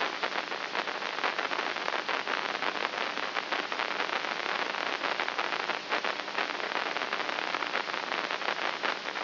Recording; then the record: brain microelectrode recording played as sound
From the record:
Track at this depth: inside the subthalamic nucleus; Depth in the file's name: 2.24 mm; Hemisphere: right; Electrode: 3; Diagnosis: Parkinson's disease